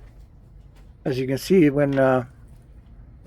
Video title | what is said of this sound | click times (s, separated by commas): Sparkel Carbonator Is A GREAT Alternative To SodaStream | I didn't secure it right, I didn't push it down right, and it popped up. | none